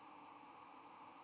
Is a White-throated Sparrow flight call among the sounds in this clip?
no